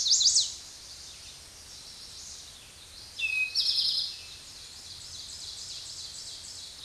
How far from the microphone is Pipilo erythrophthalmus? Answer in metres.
about 5 m